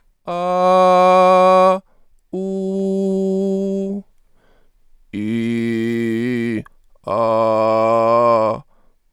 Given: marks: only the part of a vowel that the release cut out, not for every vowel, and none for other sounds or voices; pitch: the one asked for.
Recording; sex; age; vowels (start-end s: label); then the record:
sustained vowels; male; 30 to 39 years
0.37-1.64 s: vowel /a/, high pitch
2.42-3.82 s: vowel /u/, high pitch
5.24-6.51 s: vowel /i/, low pitch
7.19-8.45 s: vowel /a/, low pitch
From the record:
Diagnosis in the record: mutational falsetto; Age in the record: 35 years